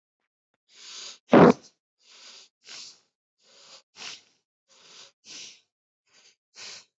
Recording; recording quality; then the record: shallow breathing; excellent, no background noise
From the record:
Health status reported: healthy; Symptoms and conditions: none ticked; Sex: male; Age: 26 years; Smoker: not ticked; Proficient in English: yes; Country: India